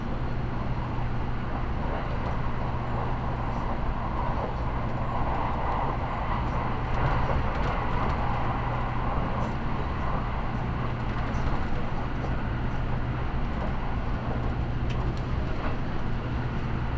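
Inside the limited express Midori No. 16 on the Nagasaki Main Line, a steady low rumble and hum run continuously, with faint clicks scattered throughout.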